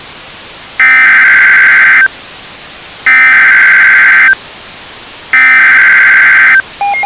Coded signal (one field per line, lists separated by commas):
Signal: Emergency Alert System (SAME) tones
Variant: header bursts